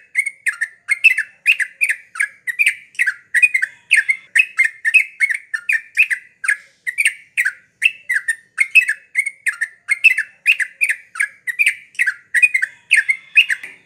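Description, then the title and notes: Yellow-vented Bulbul singing a fast, unbroken stream of short bubbly chirps, evenly paced and loud. Masteran training recording for cage birds of a champion trucukan singing the rapid tembakan song style. "MASTERAN Trucukan Tembakan. trucuk juara"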